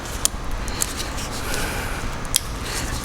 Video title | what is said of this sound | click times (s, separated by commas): Mazda Protege Fog Light Upgrade EP 8. | Hear the click. | 0.2 s, 2.4 s